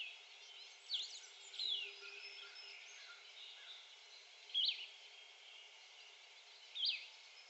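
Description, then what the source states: Blue-headed vireo sings short slurred whistled phrases separated by pauses, with faint background noise. Recorded 1 May 2020.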